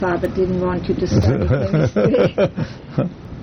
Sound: laughter